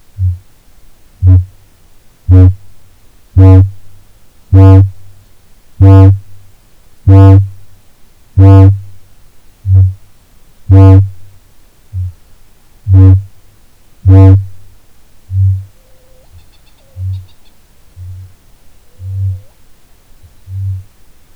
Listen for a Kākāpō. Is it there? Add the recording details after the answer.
yes. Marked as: faintness 1/5, faintness 2/5. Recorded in New Zealand. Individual Ben